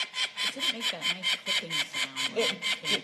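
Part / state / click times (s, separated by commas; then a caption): metal leg band closing around a falcon chick's leg / not seated / none. A metal identification band is being closed around a peregrine falcon chick's leg, but it fails to click shut and is left compressed sideways rather than round. Repeated high-pitched broadband bursts sound about five times a second throughout, over a faint low background, and nothing has clicked closed yet.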